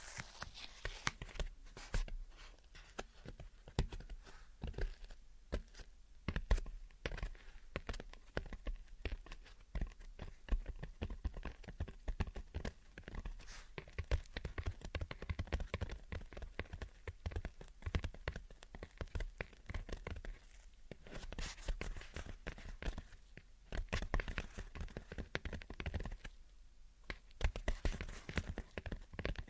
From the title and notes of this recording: Gentle Tapping and Scratching. (No Talking).